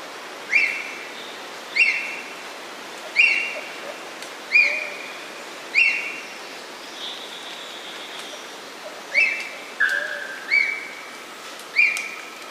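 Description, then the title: Ornate hawk-eagle whistles, a series of sharp upslurred notes, each ending in a short held tone. Call of a reserved predator of neotropical forests, found from dense forest to wooded cerrado; soars less often. "Gavião de Penacho – Características, Reprodução, Habitat e Canto"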